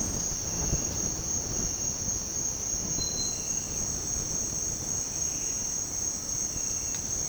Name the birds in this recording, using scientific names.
none